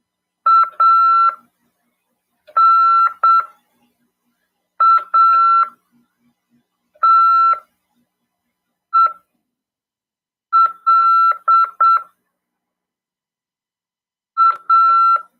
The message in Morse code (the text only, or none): ANATEL A